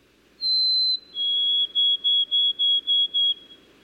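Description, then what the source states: White-throated Sparrow song: a long pure whistle, then a slightly lower held note and six short, evenly repeated whistled notes. In many areas, songs have been shortened within just a few decades.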